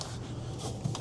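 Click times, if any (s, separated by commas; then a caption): none. A plastic whole-house humidifier cover is handled against the humidifier housing after its top lip has been hooked over the housing, with faint rubbing and brief handling ticks near the start and end. Nothing has seated or clicked yet; the cover is not yet pushed home.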